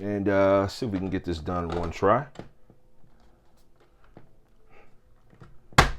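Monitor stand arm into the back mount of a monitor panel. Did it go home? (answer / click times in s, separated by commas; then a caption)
no / none. Someone talks while handling a monitor stand arm positioned at the back mount of a Samsung 32" G80SD monitor panel, with faint taps and small knocks following. A sharper knock comes right at the end, but nothing has seated or clicked yet.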